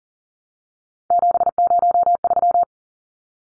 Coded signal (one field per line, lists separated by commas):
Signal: Morse code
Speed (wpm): 40 wpm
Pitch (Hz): 700 Hz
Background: none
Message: 703